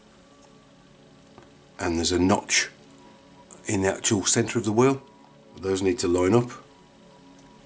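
Someone talks while handling a plastic beadlock rim half over the wheel centre of a Tamiya Subaru Brat RC model on an ORV chassis, lining up the notch in the wheel centre with the cutout in the rim. Faint handling ticks are heard around 1.4, 3.0 and 3.5 seconds under a steady low background hum. The rim half has not yet clicked or seated when the clip ends.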